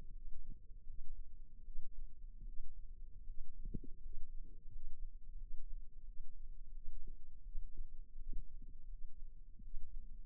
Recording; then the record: forearm muscle sounds (acoustic myography)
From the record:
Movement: rest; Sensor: system 2, bracelet of six BSWA MPA416 microphones around the upper forearm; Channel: 3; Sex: female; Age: 23 years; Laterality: right